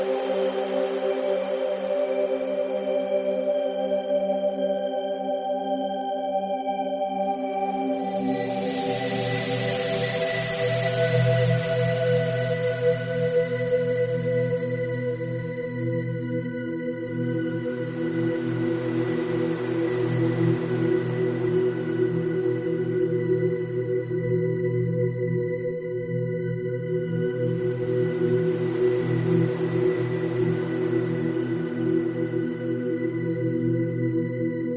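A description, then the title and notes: Gamma binaural waves: steady layered low tones, deepening near eight seconds, with soft airy swells of hiss rising roughly every nine seconds. GAMMA BINAURAL WAVES.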